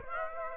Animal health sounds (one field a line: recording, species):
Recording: mosquito wingbeat signal from an infrared sensor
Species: Aedes aegypti